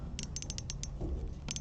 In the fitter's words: okay now i put it on here and i'm gonna wait for the clicking sound